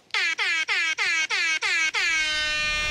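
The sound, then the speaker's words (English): A loud, shrill air horn blares in six quick bursts, then holds one long continuous blast to the end, its bright harmonic tone unchanged throughout. No voices. “I just got hit with the air horn plant prank. I can't even talk because I'm so shook.”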